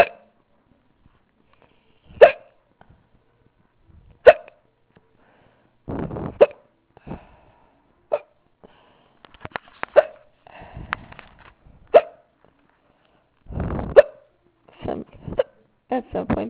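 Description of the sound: Adult with persistent hiccups of about two hours' duration, getting faster and louder. Sharp hiccups recur very fast, roughly every two seconds, and at times make it hard to talk.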